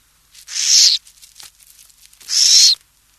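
Burrowing owl making two loud, breathy rasps separated by a pause of over a second.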